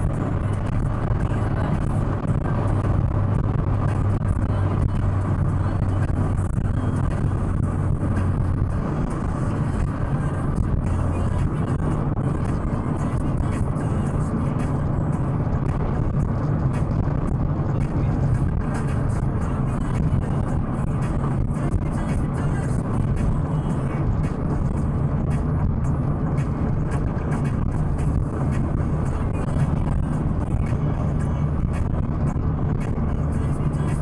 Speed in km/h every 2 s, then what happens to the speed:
116, 112, 109, 105, 101, 100, 96, 94, 92, 92, 90, 88, 87, 87, 87, 87, 86.
0-16 slows to 92. 16-34 steady at about 87.